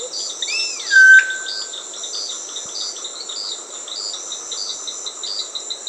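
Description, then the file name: Solitary cacique giving a short rising swoop into a clear, steady whistled note, over a constant high insect drone with pulsing chirps. Peru. "Solitary Cacique (Cacicus solitarius), Peru"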